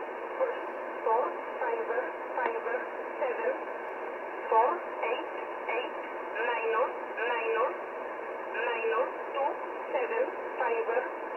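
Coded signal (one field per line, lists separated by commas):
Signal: numbers station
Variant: E11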